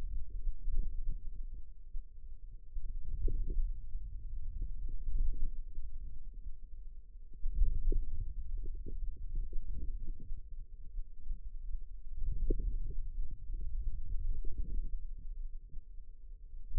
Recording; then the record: forearm muscle sounds (acoustic myography)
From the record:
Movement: hand closing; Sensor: system 2, bracelet of six BSWA MPA416 microphones around the upper forearm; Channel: 4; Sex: female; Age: 21 years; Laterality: right